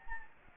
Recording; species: mosquito wingbeat signal from an infrared sensor; Anopheles gambiae